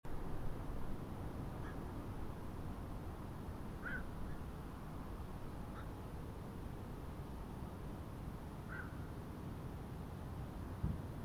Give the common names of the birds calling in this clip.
Black-crowned Night-Heron